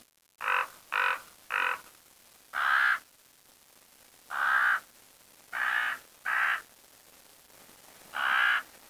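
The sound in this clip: Bird cawing eight times: three short harsh caws in quick succession, then five caws, a little longer, spaced over several seconds.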